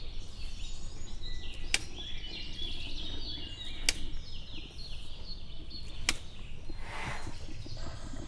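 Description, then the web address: Bactrian camel tail smacks: three sharp slaps roughly every two seconds amid continuous twittering birdsong and a steady low background rumble. Captive male in a zoo in Miskolc, recorded 2018, slapping its back with its tail. "ketpupu teve levizeltfarkavalahatatcsapkodohim"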